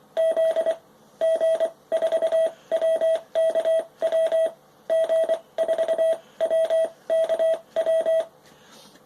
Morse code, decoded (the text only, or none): Z G4WKW G4WKW